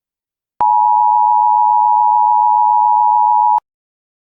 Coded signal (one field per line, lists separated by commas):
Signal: Emergency Alert System (SAME) tones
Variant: 853 and 960 Hz attention tone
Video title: EAS Scenario: The Frost Apocalypse | First Blizzard